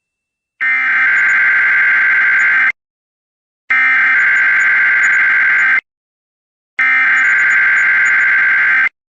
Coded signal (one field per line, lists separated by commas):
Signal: Emergency Alert System (SAME) tones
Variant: header bursts